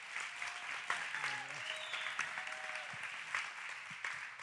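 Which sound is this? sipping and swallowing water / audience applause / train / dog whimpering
audience applause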